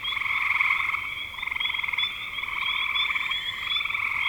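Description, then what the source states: Frogs trilling together in a dense rattling chorus that barely pauses. Recorded in spring 2025.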